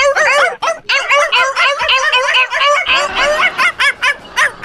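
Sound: dog barking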